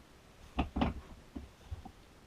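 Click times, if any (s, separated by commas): none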